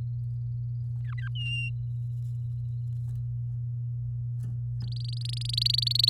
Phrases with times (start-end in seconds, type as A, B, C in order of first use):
1.04-1.29 A, 1.35-1.70 B, 4.81-6.09 C